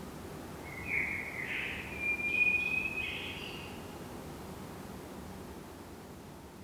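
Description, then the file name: Blackbird giving a fairly quiet, mellow whistled phrase with a sustained level note in the middle, followed by several seconds of soft hiss. "Turdus merula"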